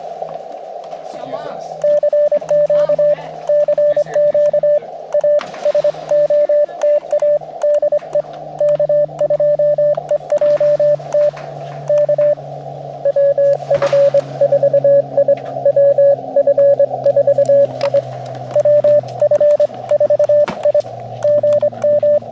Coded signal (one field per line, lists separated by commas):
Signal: Morse code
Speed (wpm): 25 wpm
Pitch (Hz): 590 Hz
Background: speech, radio noise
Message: CQ CQ A SOTA DE K2EJT K WF4I WF4I WF 4I GM